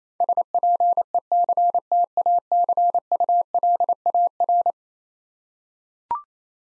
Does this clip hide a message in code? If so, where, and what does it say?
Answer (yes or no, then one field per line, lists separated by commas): yes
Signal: Morse code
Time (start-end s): 0.2-4.7 s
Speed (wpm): 27 wpm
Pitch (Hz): 700 Hz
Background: none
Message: SPECTACULAR